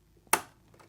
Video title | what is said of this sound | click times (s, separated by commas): Tension Problems? How to Adjust Bobbin Tension on your Side Loading Sewing Machine | That way you know it's properly seated because you heard the click. | 0.3 s